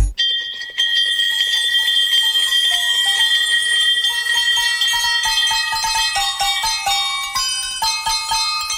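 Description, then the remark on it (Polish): A cheerful carol melody rung out on bright, sustained bells, real bells of the kind rung in clinics when someone has beaten cancer, notes overlapping and shimmering as the tune steps up and down in a steady festive rhythm, with no voices. “Słuchacie właśnie najradośniejszej kolędy na świecie. Złożonej z prawdziwych dzwonków zwycięstwa.”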